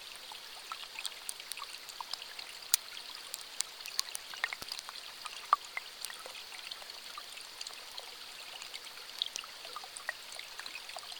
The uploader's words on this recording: Gentle Crackling Sound of Water Running Under the Ice of a Frozen River. Water gracefully flowing beneath the icy surface of the Carron River, nestled in the picturesque Carron Valley of Central Scotland.